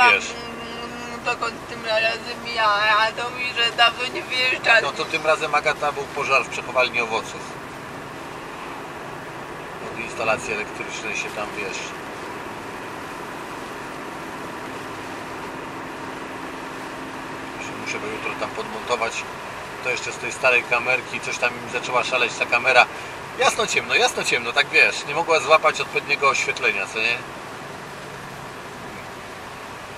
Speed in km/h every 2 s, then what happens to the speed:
68, 71, 74, 78, 81, 83, 85, 87, 88, 86, 83, 83, 80, 77, 71.
0-16 speeds up to 88. 16-30 slows to 71.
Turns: none.